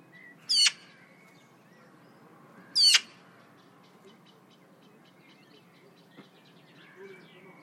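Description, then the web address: Bird giving two loud, sharp, sweeping calls about two seconds apart, with faint high whistles in the quiet background between and after them. "cianscape. Deverinetal. Bird Only"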